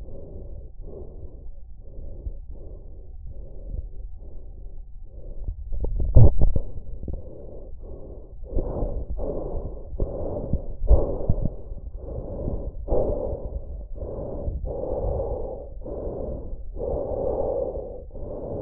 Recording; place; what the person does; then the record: lung sounds by stethoscope; trachea; quiet breathing, then deep breathing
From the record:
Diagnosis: COPD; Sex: male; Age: 72 years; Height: 172 cm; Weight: 58.6 kg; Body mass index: 19.8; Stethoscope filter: extended mode